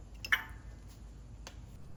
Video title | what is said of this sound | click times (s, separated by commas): Bosch K-Jetronic System Failing on a Delorean - Lets Fix it Part 3 Injectors and CO Screw | I'll just tighten it until it clicks. | 0.3 s